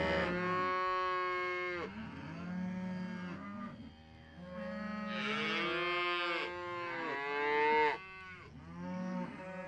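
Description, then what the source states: Cow breathing with drawn-out harmonic moans, several long groans broken by short pauses. Cows breathing on the microphone.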